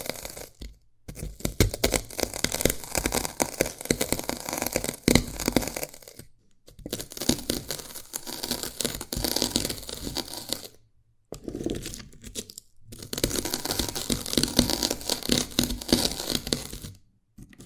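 Dalgona candy is tapped and cracked in dense, rapid crackling, crunching and crinkling bursts lasting a few seconds each. The sound is crisp and bright, with short silent pauses near 1, 6, 11, 12.5 and 17 seconds.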